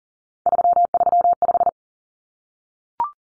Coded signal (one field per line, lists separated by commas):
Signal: Morse code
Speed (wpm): 40 wpm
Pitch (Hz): 700 Hz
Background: none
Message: 335